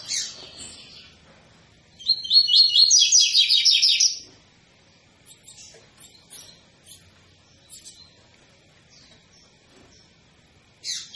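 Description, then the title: Double-collared seedeater giving a loud two-second burst of fast repeated high notes, then scattered faint clicks and chirps. Tui-tui song style of a spirited ('fibra') bird, a teacher song used for training young birds. "COLEIRO TUI TUI FIBRA CANTO PROFESSOR"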